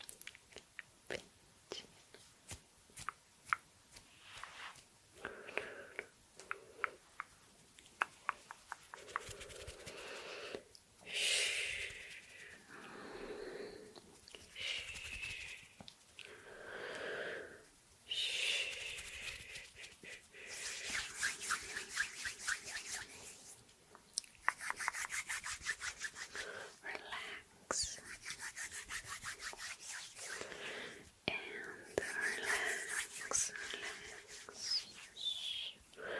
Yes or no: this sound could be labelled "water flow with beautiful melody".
no